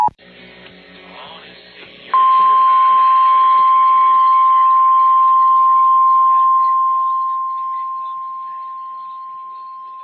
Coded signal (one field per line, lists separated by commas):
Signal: Emergency Alert System (SAME) tones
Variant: 853 and 960 Hz attention tone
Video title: ALABAMA CHAOS | EAS Alerts from January 12th, 2023 (EAS #2173-2204)